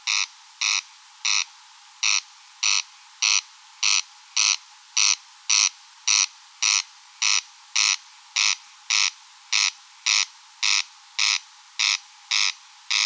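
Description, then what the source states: Corn crake giving a long run of dry, ratchet-like crek notes at a fast, even rhythm, roughly two each second, with a quiet background. Recorded at Rønbjerg Enge.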